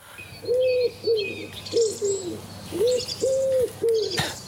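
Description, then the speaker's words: Common Wood Pigeon cooing, a series of soft hooted notes, with small birds chirping and twittering high in the background. Wood pigeon cooing with various other small birds audible behind it; played back on the radio. "Een houtduif. Waar hoorde jij deze duif? Het is wel grappig, want er zitten ook nog allerlei andere vogeltjes achter."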